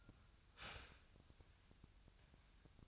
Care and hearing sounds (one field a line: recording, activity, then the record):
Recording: daily activity, microphone in the room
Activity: start toaster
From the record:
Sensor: 2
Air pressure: 1001.8 hPa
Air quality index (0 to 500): 246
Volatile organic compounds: 37 ppm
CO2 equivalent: 3099 ppm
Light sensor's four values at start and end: 10/31/12/12 and 10/31/12/12